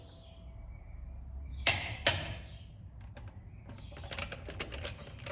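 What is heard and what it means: A click-type torque wrench set to 150 ft-lbs is used to re-check a wheel lug nut on a Ford F-150. Two sharp clicks ring out at 1.7 s and 2.1 s, followed by fainter ticks and rattles toward the end. The clicks confirm the lug nut is torqued to 150 ft-lbs.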